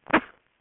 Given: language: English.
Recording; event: throat vibration sensor signal played as sound; cough